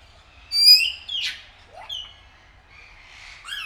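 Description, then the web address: Grey parrot whistles: a loud ringing whistle, then a harsh screech and a short note, followed by softer whistled phrases. Captive grey parrot at Nyíregyháza Zoo, 2019. "allathangok nyiregyhazizoo 2019 professzionalis jako papagaj hosszabban nyiregyhaza"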